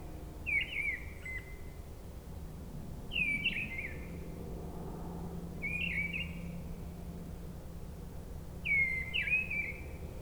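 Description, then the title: Mistle Thrush song: four short, fluty, warbled phrases about every two to three seconds, separated by pauses, over a low steady rumble. Singing high at the top of a tree at a forest edge near Brison-Saint-Innocent, France; Sunday, grey weather, 10°C; frequent aircraft passing from a nearby airport. "Brison-Saint-Innocent, France - Grive draine"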